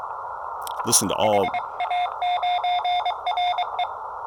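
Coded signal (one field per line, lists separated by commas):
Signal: Morse code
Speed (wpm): 23 wpm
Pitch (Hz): 720 Hz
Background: speech, radio noise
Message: HA9RE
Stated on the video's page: Summit activation on an Elecraft KX2 with a PackTenna 9:1 antenna, contacts with four countries and eight states.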